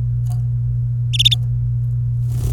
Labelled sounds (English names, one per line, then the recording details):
Domestic Canary song
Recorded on 28 April 2018 at 10:43
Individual llb3